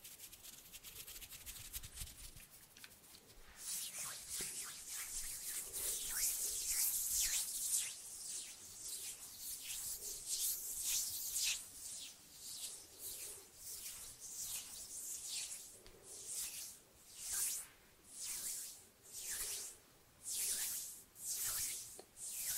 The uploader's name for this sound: HAND SOUNDS, SNAPPING and FINGER FLUTTERING around the mic